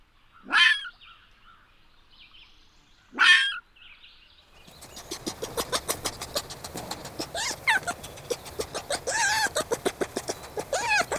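Red fox giving two harsh, rasping bark-screams a few seconds apart, followed by a dense stretch of rapid clicking sounds.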